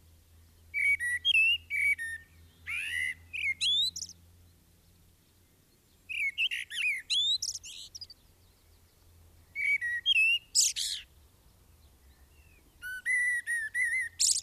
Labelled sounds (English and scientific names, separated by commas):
Common Blackbird (Turdus merula) song